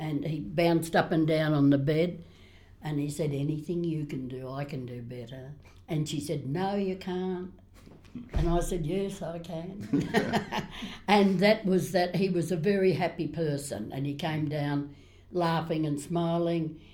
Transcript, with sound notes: He bounced up and down on the bed and he said ‘anything you can do, I can do better.’ She said ‘no you can’t!’ I said ‘yes, I can!’ [Laughs] And that was that. He was a very happy person and he came down laughing and smiling.